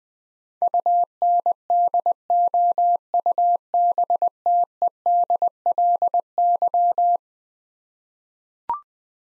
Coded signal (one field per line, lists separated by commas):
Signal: Morse code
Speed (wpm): 21 wpm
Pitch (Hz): 700 Hz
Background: none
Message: UNDOUBTEDLY